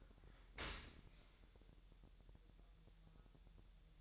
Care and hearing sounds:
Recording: daily activity, microphone in the room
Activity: open dishwasher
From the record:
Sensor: 3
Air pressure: 1000.6 hPa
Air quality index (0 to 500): 248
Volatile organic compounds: 173 ppm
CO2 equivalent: 4116 ppm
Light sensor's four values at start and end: 11/26/10/10 and 11/26/10/10

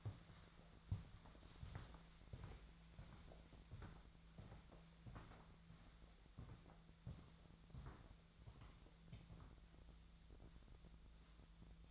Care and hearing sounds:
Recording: daily activity, microphone in the room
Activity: walk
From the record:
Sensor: 3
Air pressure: 1008.4 hPa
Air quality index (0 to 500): 191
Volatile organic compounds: 14 ppm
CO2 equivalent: 2451 ppm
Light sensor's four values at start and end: 19/46/19/20 and 19/46/19/20

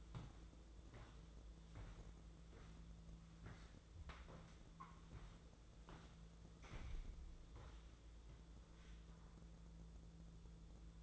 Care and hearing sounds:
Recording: daily activity, microphone in the room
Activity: walk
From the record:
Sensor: 3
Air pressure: 1005.4 hPa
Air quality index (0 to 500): 94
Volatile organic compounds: 3 ppm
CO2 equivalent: 1472 ppm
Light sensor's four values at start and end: 10/24/10/9 and 10/24/10/9

